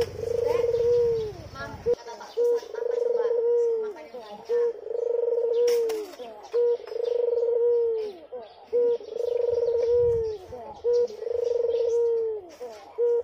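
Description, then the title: Barbary dove repeating a clipped note and long rolling coo about every two seconds, with background small-bird chirps and brief low noise at the start. White Barbary dove (puter putih), a masteran training sound played to songbirds. "Kicau Mania Masteran Burung Puter Putih"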